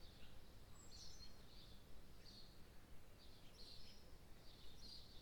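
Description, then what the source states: Birds chirping: irregular bursts of high notes over constant low background noise. Birds in the morning.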